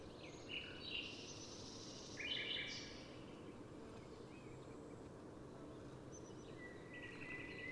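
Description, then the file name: Eurasian wren calls: two short bursts of high, scratchy notes near the start, then a faint note near the end, with steady background hiss. "Troglodytes troglodytes"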